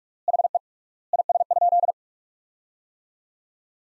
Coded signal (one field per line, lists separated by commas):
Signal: Morse code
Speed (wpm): 46 wpm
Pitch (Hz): 700 Hz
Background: none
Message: HE IS?